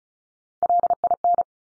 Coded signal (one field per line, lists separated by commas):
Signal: Morse code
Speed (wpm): 36 wpm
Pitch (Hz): 700 Hz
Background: none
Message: LIN